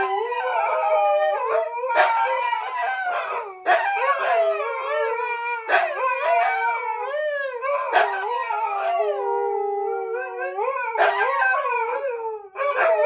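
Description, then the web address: Husky: two huskies howling continuously, their tones bending, crossing and wavering, broken by frequent sharp yips throughout. Two huskies howling in a duet in an apartment; the neighbours are said to be in shock. "hski vie v apartamenta ssedite sa v sok duet na dve hskita"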